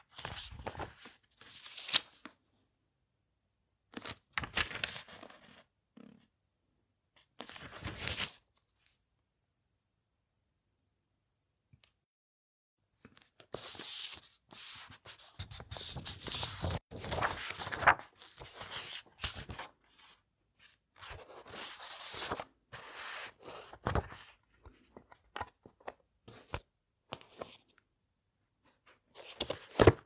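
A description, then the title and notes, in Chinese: Book pages are flipped and a pencil writes on paper. Three separate papery rustles come in the first eight seconds, then a quiet gap, and from about thirteen seconds on a denser stretch of scratchy, crackling strokes with brief pauses runs to the end. 翻书 铅笔写字。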